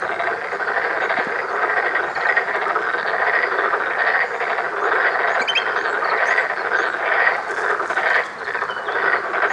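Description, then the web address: Chorus of black-spotted pond frogs, a thick continuous mass of rattling croaks, with a brief dip toward the end. 7 April 2015. "birdenaga tonosamagaeru 150407"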